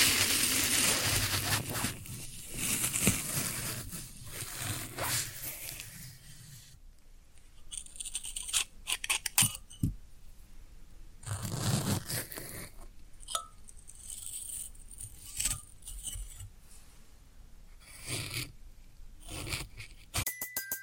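Floral foam is handled and pressed, with a dense, crackly crunching for the first seven seconds. After that the sounds turn sparser: separate scrapes, squeaks and crisp snaps come every second or so, with brief rustles between. A short high tone is heard near the end.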